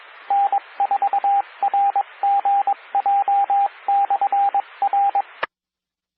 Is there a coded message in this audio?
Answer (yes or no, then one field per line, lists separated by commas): yes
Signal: Morse code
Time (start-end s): 0.3-5.2 s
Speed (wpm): 22 wpm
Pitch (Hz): 800 Hz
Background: radio noise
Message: N4RGJ/R